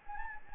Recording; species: mosquito wingbeat signal from an infrared sensor; Anopheles gambiae